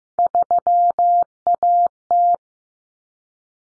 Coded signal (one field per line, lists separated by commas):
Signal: Morse code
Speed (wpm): 15 wpm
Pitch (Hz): 700 Hz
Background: none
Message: 3AT